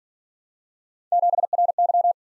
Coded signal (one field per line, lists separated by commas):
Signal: Morse code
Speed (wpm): 48 wpm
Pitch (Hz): 700 Hz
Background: none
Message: 7RY